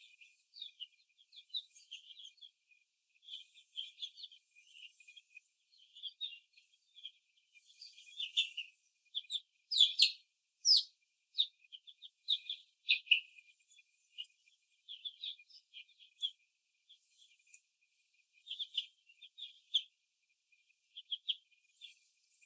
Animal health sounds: young laying hens in a cage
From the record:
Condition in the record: after the stressor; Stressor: simulated dog barking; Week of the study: 2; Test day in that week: 2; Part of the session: 3

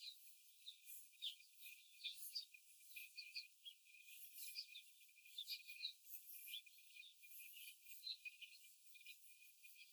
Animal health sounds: young laying hens in a cage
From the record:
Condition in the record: after the stressor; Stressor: simulated dog barking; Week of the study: 4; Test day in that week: 1

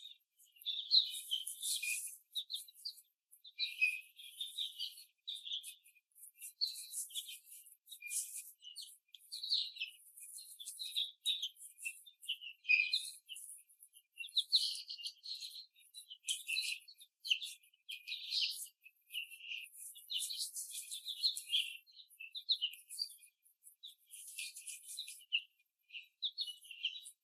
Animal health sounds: young laying hens in a cage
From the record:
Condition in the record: after the stressor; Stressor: simulated dog barking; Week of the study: 3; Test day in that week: 1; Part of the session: 4

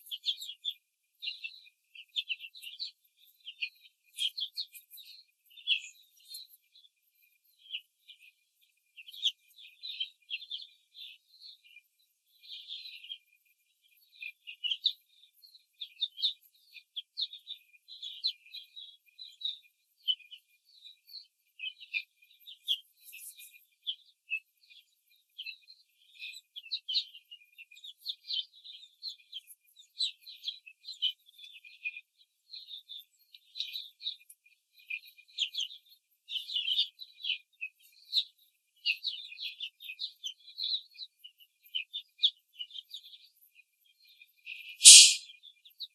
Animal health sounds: young laying hens in a cage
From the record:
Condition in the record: control cage, before the stress test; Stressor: none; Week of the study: 4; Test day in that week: 3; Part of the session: 1

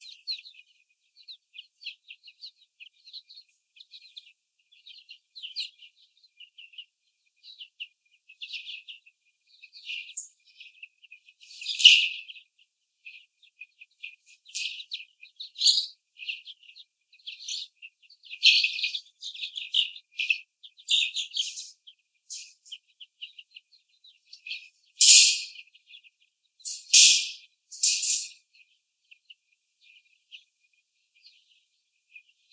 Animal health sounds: young laying hens in a cage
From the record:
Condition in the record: after the stressor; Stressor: sudden umbrella opening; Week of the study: 3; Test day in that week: 2

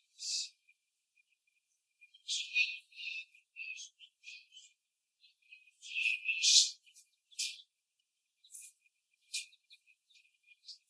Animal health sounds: young laying hens in a cage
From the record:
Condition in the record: before the stressor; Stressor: simulated dog barking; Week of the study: 1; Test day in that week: 1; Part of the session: 4

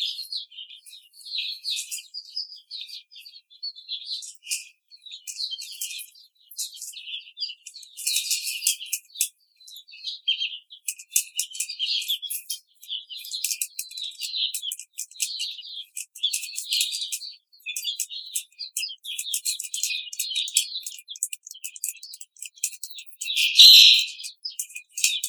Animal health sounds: young laying hens in a cage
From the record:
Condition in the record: treatment cage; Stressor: simulated dog barking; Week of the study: 5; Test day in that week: 1

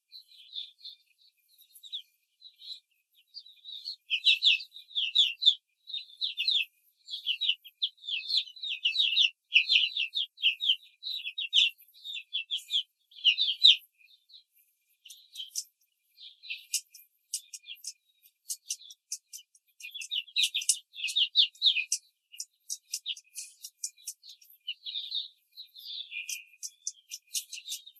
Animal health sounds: young laying hens in a cage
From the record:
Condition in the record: control cage, before the stress test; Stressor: none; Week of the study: 4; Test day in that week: 1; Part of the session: 2

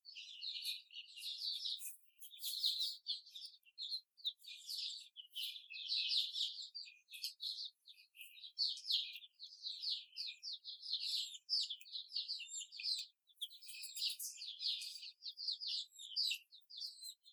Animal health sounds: young laying hens in a cage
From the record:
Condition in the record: before the stressor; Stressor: simulated dog barking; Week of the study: 4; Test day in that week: 2

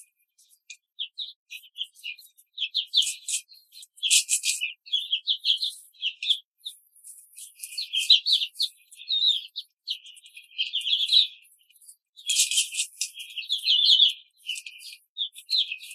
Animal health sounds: young laying hens in a cage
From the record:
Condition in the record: control cage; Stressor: none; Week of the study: 5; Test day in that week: 1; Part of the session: 4

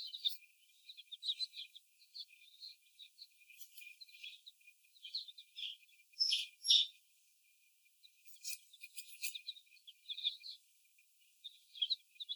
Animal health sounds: young laying hens in a cage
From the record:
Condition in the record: before the stressor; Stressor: sudden umbrella opening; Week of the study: 1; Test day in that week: 1

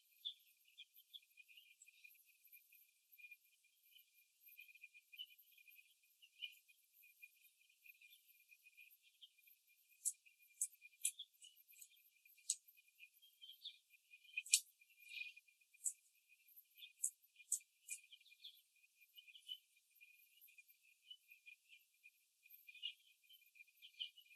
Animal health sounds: young laying hens in a cage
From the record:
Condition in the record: before the stressor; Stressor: simulated dog barking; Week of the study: 2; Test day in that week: 3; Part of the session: 2

